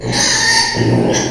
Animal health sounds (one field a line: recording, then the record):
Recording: squeal of a Yucatan mini pig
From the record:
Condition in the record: before surgery on the right vocal fold (resection and tissue-engineered implant)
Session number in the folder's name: 2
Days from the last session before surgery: 0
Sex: male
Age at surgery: 12 weeks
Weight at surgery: 13 kg